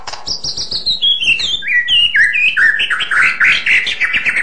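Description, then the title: White-rumped shama song: a rapid cascade of whistled notes stepping down from high to mid pitch, then a dense run of varied warbled phrases. "kicau murai batu panjang"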